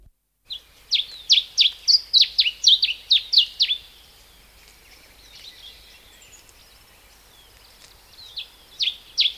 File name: Cape Bunting (Emberiza capensis)